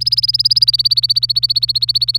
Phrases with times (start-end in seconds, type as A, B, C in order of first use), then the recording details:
0.00-2.19 A. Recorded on 25 April 2018 at 16:34. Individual llb3